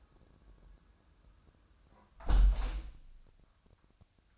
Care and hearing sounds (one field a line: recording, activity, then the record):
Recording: daily activity, microphone in the room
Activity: close window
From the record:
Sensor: 2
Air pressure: 1004.5 hPa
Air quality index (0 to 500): 80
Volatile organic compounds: 1 ppm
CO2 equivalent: 948 ppm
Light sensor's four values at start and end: 6/14/6/6 and 6/14/5/6